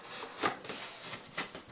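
The foam wing of an Avios Extra 330 LX Version 2 RC model plane is being pushed onto the fuselage, where a spring button latch will hold it. Soft handling rustles and brief light knocks are heard, loudest around 0.4 s and 1.4 s. Nothing has seated or clicked yet.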